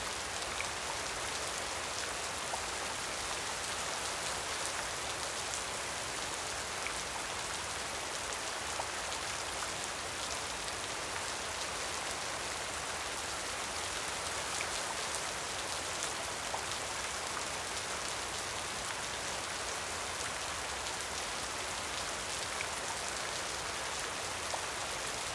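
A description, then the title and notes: Light rain falls steadily on a surface in Japan, a dense, even hiss of fine drops with occasional brighter patters, unchanging throughout. Light Rain in Japan.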